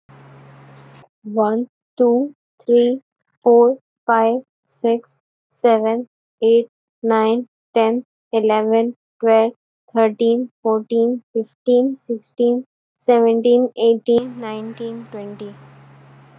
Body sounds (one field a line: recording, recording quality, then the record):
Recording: counting at a normal pace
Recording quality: excellent, no background noise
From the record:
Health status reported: healthy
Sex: female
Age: 22 years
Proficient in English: yes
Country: India